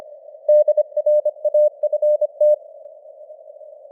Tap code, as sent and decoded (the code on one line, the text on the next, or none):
none